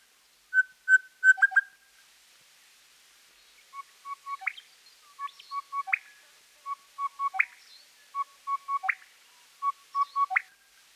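Crested bellbird song: short whistled note runs followed by a sharp rising upslurred note, the phrase repeated about every one and a half seconds.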